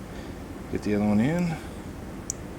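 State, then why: Seated. The second blue wire pin terminal is pushed into a plastic multi-pin connector housing while someone talks briefly. A short, sharp click comes at 2.3 s, and the terminal is seated.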